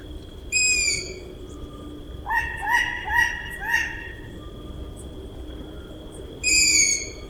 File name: Ushastaya sova - Krik ptencov i samki u gnezda